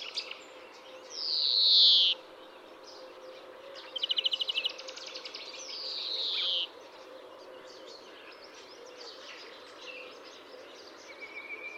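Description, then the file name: European greenfinch singing a long nasal wheeze, a short rapid trill, then another buzzy descending wheeze, with quieter twitters afterwards over light hiss. "Chloris chloris"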